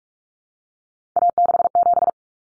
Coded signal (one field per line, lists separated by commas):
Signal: Morse code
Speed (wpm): 44 wpm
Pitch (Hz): 700 Hz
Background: none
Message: A67